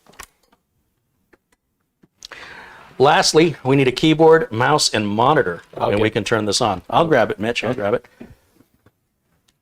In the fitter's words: then i can use force to push down and hear it lock into position